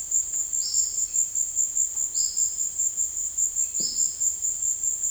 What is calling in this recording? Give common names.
Olive-faced Flatbill